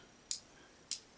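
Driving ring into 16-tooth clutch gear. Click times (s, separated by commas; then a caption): 0.3 s. A plastic 2015 LEGO Technic driving ring is slid along its axle into a 16-tooth clutch gear, with one sharp, bright click at 0.3 s and a second similar click at 0.9 s. The ring engages the gear with a single click and is seated.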